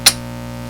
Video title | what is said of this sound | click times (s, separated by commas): upgrading acer aspire 5742 | So once I slide in, I can push it down, and will click in. | 0.1 s